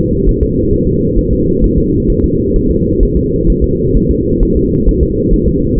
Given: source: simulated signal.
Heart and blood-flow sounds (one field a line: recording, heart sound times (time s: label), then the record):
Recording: fetal heart sounds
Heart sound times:
0.29 s: S1
0.43 s: S2
0.73 s: S1
0.88 s: S2
1.19 s: S1
1.33 s: S2
1.64 s: S1
1.78 s: S2
2.10 s: S1
2.24 s: S2
2.56 s: S1
2.71 s: S2
3.03 s: S1
3.17 s: S2
3.50 s: S1
3.64 s: S2
3.97 s: S1
4.11 s: S2
4.43 s: S1
4.57 s: S2
4.89 s: S1
5.03 s: S2
5.34 s: S1
5.48 s: S2
5.78 s: S1
From the record:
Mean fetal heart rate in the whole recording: 135 bpm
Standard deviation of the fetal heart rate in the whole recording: 3 bpm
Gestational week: 36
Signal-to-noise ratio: -14.7 dB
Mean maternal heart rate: 72 bpm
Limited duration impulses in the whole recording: present